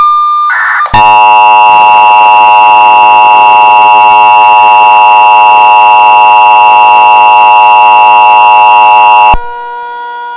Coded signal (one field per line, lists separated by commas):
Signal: Emergency Alert System (SAME) tones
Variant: 853 and 960 Hz attention tone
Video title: EAS Mini Scenario:The Great Austin Tornado